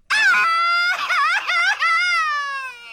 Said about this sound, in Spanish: Él no está gritando un grito mexicano, él está llorando. Ah, ¿para qué lloras?